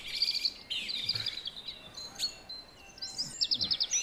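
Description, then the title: Song thrush song, short high whistled and twittering phrases, with a rapid series of repeated bright notes near the end; faint background hiss. Song at 06h. "Zanglijster 06h Durenne2"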